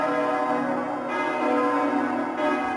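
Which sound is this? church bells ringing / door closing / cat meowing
church bells ringing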